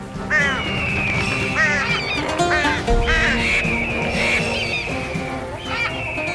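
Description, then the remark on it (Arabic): A flock of birds gathering in one area calls loudly and continuously, with overlapping quacking and honking cries that rise and fall in a busy, layered chorus from start to finish. “انتظري، لماذا تتجمع الطيور في هذه الناحية؟”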